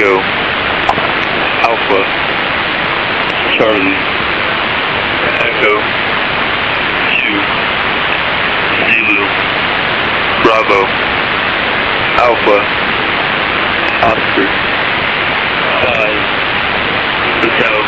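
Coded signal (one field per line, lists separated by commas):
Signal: coded military voice message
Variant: US Air Force EAM, English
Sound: a voice reads NATO phonetic letters one by one through loud hissing static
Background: radio static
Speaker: the other catch is the US Air Force emergency action message these are messages from the US Air Force sent out to deployed forces all around the world they are read out in NATO alphabet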